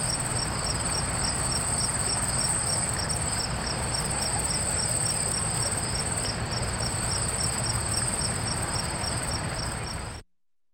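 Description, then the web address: Cricket chorus of fast, evenly repeated high chirps layered on a constant thin trill, steady throughout before cutting off at the very end. Crickets at night in the countryside. "country ambience crickets night time"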